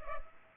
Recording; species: mosquito wingbeat signal from an infrared sensor; Culex pipiens